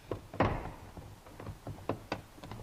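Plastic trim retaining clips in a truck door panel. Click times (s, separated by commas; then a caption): 0.4 s, 2.1 s. A screwdriver pries the plastic door trim panel off the inner door of a 2004 Nissan Titan truck, and the plastic trim retaining clips snap free at 0.4 s and 2.1 s. Sharp pops and knocking thunks sound as the panel is worked loose, leaving the clips released.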